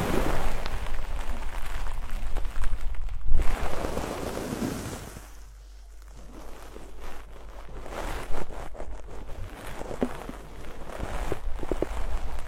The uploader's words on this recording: Enhanced version of deep ear cleaning, massage.